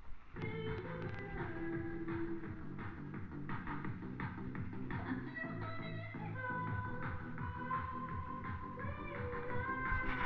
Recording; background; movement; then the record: deep breathing; music; walking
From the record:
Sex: male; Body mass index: 21.0 kg/m2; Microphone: on the chest, facing the body